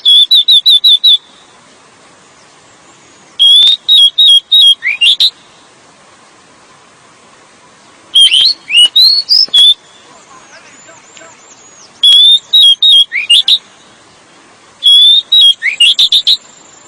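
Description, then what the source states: Oriental magpie-robin song: five loud bursts of clicking, trilled and whistled notes, roughly every four seconds, with near silence between. Wild forest magpie-robin with very loud song, used to get captive birds singing.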